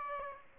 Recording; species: mosquito wingbeat signal from an infrared sensor; Aedes aegypti